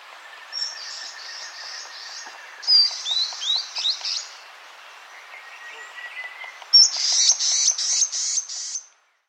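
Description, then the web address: Rufous-tailed antbird song: a faint steady tone, then a burst of high notes; the pattern repeats, ending in a series of high notes. Recorded in South America. "Natures Songs S America Rufous-Tailed Antbird"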